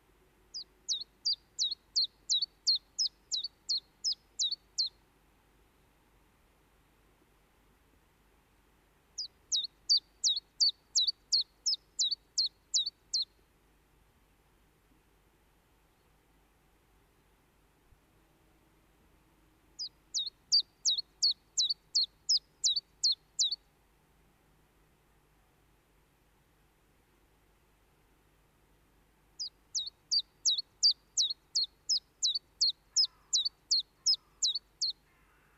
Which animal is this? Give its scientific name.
Phylloscopus collybita